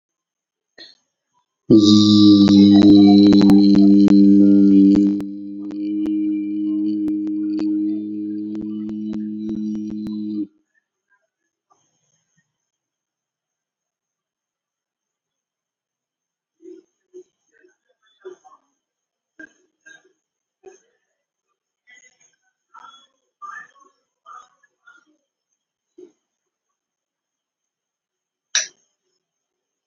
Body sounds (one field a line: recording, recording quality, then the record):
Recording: sustained vowel as in beet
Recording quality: excellent, no background noise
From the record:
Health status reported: COVID-19 positive, no symptoms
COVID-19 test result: positive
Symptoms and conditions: hypertension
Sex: male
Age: 42 years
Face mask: not worn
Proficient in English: yes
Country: India